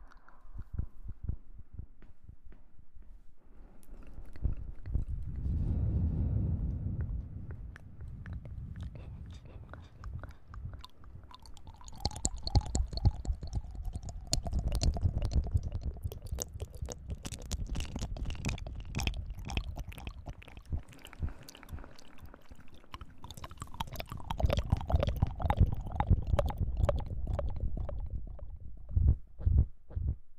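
Tingly mouth sounds: wet clicks, smacks and chewing-like crackles fill the whole stretch, dense and uneven. Low, soft swells rise around 5–7 seconds, 15 seconds and 24–27 seconds, with a few sharp pops near the end.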